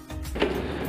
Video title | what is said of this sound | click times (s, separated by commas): Unboxing: Smart shoe and bedding dryer with mite removal I Gud Morning Kapatid | naka-lock na siya | 0.4 s